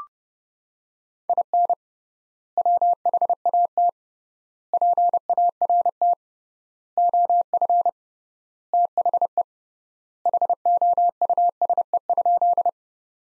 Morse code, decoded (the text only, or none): IN WHAT PART OF THE HOUSE?